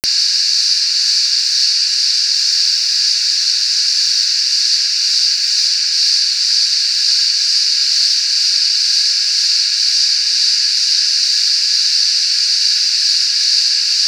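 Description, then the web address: Crickets in a dense, unbroken high-pitched chorus, a steady shimmering buzz that holds level throughout with no pauses. Crickets at Venus Baths, 2007. "krekels. venus baths"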